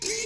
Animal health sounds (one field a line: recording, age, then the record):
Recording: pig call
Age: weaner (32 to 43 days)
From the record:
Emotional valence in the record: negative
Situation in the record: short isolation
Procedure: open field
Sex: female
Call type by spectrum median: high-frequency call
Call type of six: high-frequency stable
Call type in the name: high-frequency stable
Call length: 0.26 s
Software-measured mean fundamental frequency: 221 Hz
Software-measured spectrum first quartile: 1116 Hz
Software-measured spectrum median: 4012 Hz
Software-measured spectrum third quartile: 6173 Hz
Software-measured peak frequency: 430 Hz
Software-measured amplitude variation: 100 dB a second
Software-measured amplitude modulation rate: 23.5 a second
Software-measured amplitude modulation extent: 4.3 dB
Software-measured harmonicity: 1.6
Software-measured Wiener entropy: -1.66